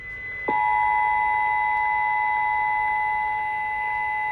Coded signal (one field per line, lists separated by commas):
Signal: Emergency Alert System (SAME) tones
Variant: 853 and 960 Hz attention tone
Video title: Hope Creek EAS Test on WDEL-AM and WDEL-FM [EAS #1,400-1,401]